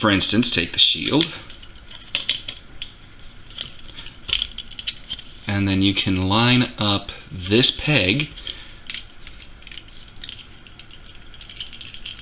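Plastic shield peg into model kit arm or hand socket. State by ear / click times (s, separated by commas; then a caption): not seated / none. A plastic shield peg from a 1/100 Master Grade RX-78-2 3.0 model kit is lined up with its socket on the kit's arm or hand, with light plastic taps and rattles of handling while someone talks. Nothing has seated or clicked yet; the clip ends before the peg goes home.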